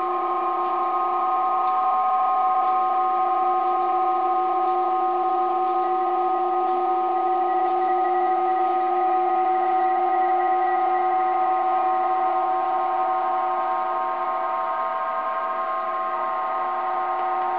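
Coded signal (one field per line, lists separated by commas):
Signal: PSK31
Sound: several steady narrow warbling tones at once over a soft hiss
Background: radio static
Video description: PSK31 is another digital mode that converts typed on computer keyboard letters to specific sounds and send them by the radiostation.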